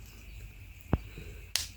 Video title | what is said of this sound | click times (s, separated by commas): RYCO Z154 Oil Filter Made In Australia And Made In China Comparison | it goes. Snaps right in there. | 1.6 s